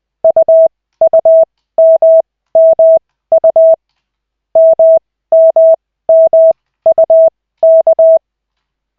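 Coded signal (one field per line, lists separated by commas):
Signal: Morse code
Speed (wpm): 20 wpm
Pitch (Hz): 650 Hz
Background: none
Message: UUMMU MMMUK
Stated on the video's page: Koch method Morse practice session from the LCWO.net website, two characters at the start.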